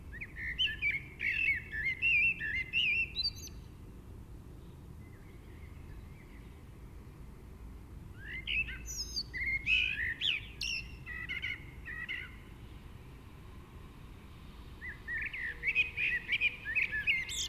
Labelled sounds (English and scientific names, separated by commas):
Common Blackbird (Turdus merula) song